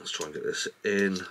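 A braided USB cable connector is handled at the locking port of a Sony DualSense Edge controller while someone talks. Nothing has seated or clicked yet.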